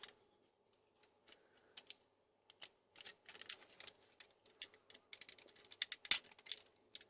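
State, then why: Partly seated. A stiff, brittle plastic joint on an Arcadia YF-19 with Fast Pack 1/60th scale transforming toy figure (formerly Yamato) is pressed back into place, producing scattered small plastic ticks and creaks that grow busier from about 3 seconds. A sharp click at 6.1 seconds is only the first of two clicks, so the joint is partly in but not yet fully seated.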